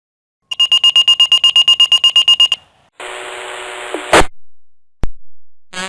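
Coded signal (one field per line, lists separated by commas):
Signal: pager alert tone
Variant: Motorola Minitor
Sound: fast shrill electronic beeping for two seconds, then a burst of radio hiss and clicks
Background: radio static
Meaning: The pager alerts the firefighter that a dispatch is about to follow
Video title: Firefighter Minitor Pager Prank Call 2 - Fake car fire call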